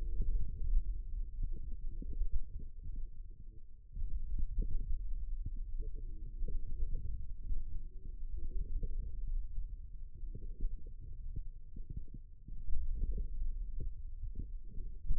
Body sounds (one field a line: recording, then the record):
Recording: forearm muscle sounds (acoustic myography)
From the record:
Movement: hand opening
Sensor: system 2, bracelet of six BSWA MPA416 microphones around the upper forearm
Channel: 4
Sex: male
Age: 22 years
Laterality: right